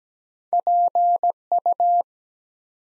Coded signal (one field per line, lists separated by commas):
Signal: Morse code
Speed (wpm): 17 wpm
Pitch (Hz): 700 Hz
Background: none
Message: PU